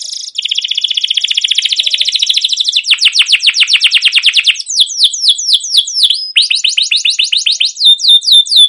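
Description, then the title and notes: Canary song with a steady fast trill that shifts into a series of quick descending slurred notes repeated several times a second. Long continuous canary chirping used as a lure to stimulate young canaries to sing. "CUIT CUIT NGEROL LANGSUNG GACOR PANJANG Kenari Ini Utk Pancingan KENARI PAUD BELAJAR BUNYI. burung kenari"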